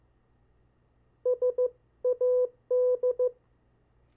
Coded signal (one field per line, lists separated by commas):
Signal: Morse code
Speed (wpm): 15 wpm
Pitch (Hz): 500 Hz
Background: none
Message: SAD